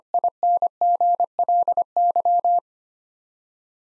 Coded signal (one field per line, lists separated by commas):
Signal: Morse code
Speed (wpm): 25 wpm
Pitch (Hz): 700 Hz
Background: none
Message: INGLY